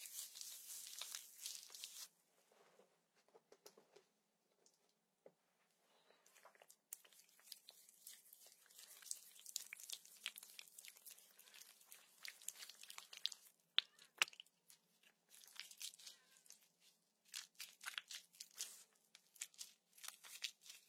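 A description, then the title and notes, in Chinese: Slime squelching and crackling against socked feet, a dense stream of bright, sticky pops and clicks. The squishing comes in bursts with brief quiet gaps near the start, then runs on steadily. 足袜 黏液。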